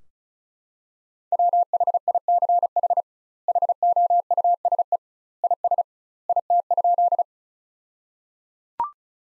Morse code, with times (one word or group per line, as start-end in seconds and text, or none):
1.3-3.0 WHICH
3.5-5.0 HOUSE
5.4-5.8 IS
6.3-7.2 IT?